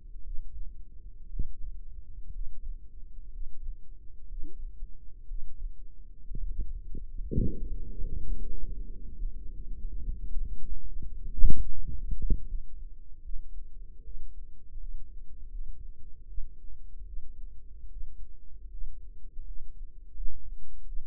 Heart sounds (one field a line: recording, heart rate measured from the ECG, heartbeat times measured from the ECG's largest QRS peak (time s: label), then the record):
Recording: heart sounds by microphone in the right ear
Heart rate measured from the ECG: 70 bpm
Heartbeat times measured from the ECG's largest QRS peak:
0.22 s: heartbeat
1.28 s: heartbeat
2.30 s: heartbeat
3.30 s: heartbeat
4.27 s: heartbeat
5.26 s: heartbeat
6.25 s: heartbeat
7.30 s: heartbeat
8.24 s: heartbeat
9.16 s: heartbeat
10.01 s: heartbeat
10.86 s: heartbeat
11.68 s: heartbeat
12.47 s: heartbeat
13.23 s: heartbeat
14.04 s: heartbeat
14.78 s: heartbeat
15.51 s: heartbeat
16.27 s: heartbeat
17.06 s: heartbeat
17.90 s: heartbeat
18.71 s: heartbeat
19.45 s: heartbeat
20.15 s: heartbeat
20.86 s: heartbeat
From the record:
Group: healthy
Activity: Valsalva maneuver 0-7 s, rest 7-21 s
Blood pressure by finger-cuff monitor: 88/51 mmHg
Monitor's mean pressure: 61 mmHg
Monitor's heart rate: 66 bpm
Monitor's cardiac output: 4.8 L/min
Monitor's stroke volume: 83 mL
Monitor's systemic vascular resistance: 840 dyn s/cm5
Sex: female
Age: 28 years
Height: 170 cm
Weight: 77 kg